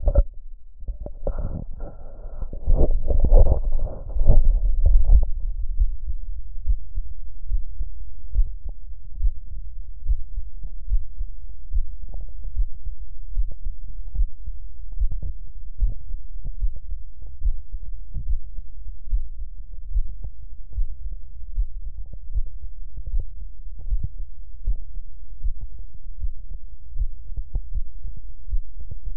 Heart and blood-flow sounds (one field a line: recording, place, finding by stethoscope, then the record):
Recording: heart sounds by stethoscope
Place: tricuspid valve (TV)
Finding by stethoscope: normal heart sounds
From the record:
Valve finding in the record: tricuspid regurgitation, grade 0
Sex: female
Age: 27 years